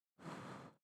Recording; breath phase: one breath near a microphone; exhalation